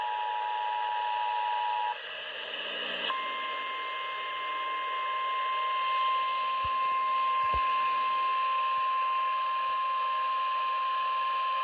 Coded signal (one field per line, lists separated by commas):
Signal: Emergency Alert System (SAME) tones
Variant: 853 and 960 Hz attention tone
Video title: Flash Flood Warning (EAS #661)